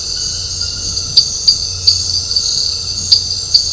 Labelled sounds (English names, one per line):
none